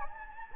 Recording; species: mosquito wingbeat signal from an infrared sensor; Anopheles gambiae